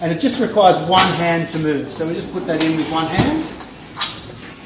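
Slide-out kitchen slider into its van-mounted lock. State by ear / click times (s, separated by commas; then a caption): not seated / none. Someone talks while pushing a heavy-duty VanEssa slide-out kitchen drawer, which holds a Dometic Waker CFX 28 fridge, back into its van-mounted lock with one hand. Brief handling knocks are heard near 3.6 and 4.0 seconds. Nothing has seated or locked in yet.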